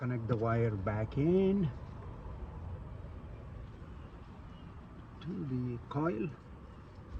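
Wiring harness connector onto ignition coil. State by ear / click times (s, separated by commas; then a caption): not seated / none. Someone talks while a plastic wiring harness connector is picked up and lined up with the ignition coil before being pushed in, over a steady low background hum. The connector is only handled and positioned here, and nothing has seated or clicked yet.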